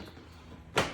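A seat back release latch in a BMW E30 sport seat hinge, fitted with a new hinge and unlocking rope, is pulled after low background noise. A single sharp click sounds at 0.8 seconds as the latch releases open.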